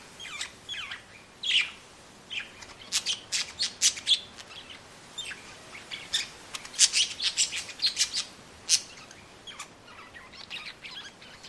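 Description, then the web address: Parrot chattering busily, many quick high chirps and squeaky notes close together, with wind hissing behind. Two parrots chirping in the street, strong wind in the trees. "dos loros gorjean en la calle fuerte viento en los arboles"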